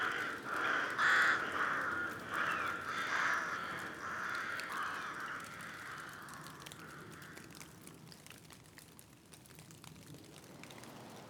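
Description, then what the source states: Rooks cawing harshly, the calls gradually fading away, leaving a steady patter of rain and a sudden sharp noise at the end. In local woods forming part of a park, in changeable weather with rain pattering on the leaves; rooks were hoped for that day.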